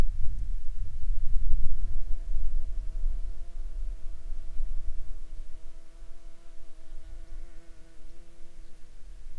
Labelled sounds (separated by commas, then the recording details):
wind, insects
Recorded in Ivvavik National Park, Yukon, on 8 July 2019 at 11:49
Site SINP10